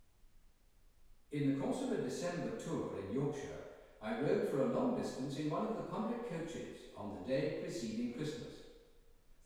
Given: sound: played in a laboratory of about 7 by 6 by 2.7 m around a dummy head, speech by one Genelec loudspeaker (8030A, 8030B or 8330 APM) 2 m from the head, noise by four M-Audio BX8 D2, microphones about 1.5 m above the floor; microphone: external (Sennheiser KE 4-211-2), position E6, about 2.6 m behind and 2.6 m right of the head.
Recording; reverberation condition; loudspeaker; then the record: male speech in English; high; 30 degrees to the right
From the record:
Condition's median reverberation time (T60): about 1300 ms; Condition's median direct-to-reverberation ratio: about -4.0 dB